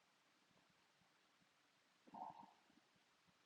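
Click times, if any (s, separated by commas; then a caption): none. The plastic evaporator fan cover tower of a Samsung refrigerator is pushed back into position in the freezer compartment after the fan has been plugged in. Quiet, low handling rumble builds to a louder rubbing burst around 2.1–2.5 s. Nothing has seated or clicked yet.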